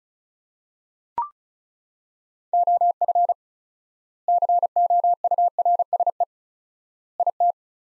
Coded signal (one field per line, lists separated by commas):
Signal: Morse code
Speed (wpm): 36 wpm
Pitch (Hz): 700 Hz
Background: none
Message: OF COURSE IT